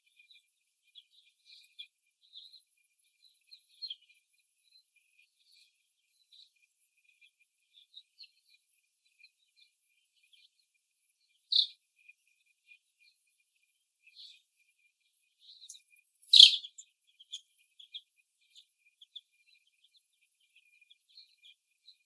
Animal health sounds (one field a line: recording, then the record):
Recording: young laying hens in a cage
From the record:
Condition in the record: after the stressor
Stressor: simulated dog barking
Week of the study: 1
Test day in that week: 1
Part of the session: 3